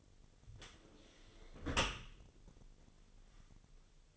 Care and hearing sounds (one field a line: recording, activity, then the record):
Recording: daily activity, microphone in the room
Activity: close dishwasher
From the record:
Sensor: 4